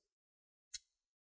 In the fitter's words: push it towards the motherboard and you should hear these two clicks